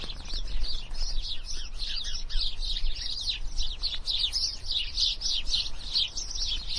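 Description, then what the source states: Birds chirping and twittering together in a dense, continuous chorus of overlapping high calls over a steady low rumble. Mating birds in a bush.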